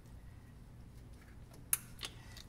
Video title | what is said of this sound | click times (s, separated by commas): How to Replace the Spark Plugs On A Porsche Boxster | this only goes in one way and you will hear it pop so that's how you know it's back in | 1.7 s